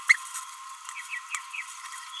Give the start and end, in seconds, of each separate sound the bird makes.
0.09-0.16, 0.35-0.40